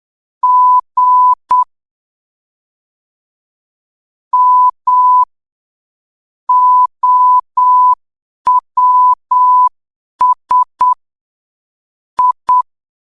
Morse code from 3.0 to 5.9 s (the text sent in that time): M